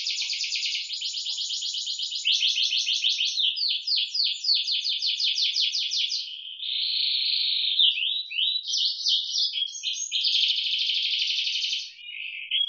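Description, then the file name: Canary song, a continuous run of fast repeated trills and rolling phrases, shifting between buzzy rattles and smoother warbled notes, all high-pitched. Indonesian isian moza song style, used for training canaries. "suara kenari isian moza omkicau"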